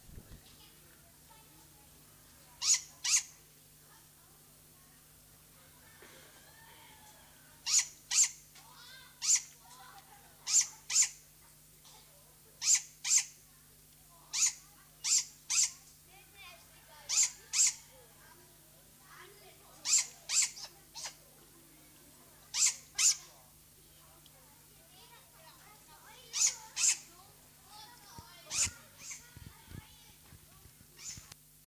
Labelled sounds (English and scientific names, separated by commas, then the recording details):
Great Grey Owl (Strix nebulosa) call
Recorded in captivity
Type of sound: call
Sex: diverse
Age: juvenile
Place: Zoo Berlin, Berlin, DE
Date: 2003-09-05 15:20
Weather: heiter, ca. 22°C
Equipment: Fair Mate ST-1328 (Asahi Electronics, Japan), Sennheiser ME 80, Kopie Uher 4000 Report Monitor
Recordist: Tembrock, Günter
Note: Alttiere mit drei Jungen (im Mai geschlüpft): Fütterung: Die Alten übernehmen die Mäuse, zwei der Jungen äußern die Lautfolgen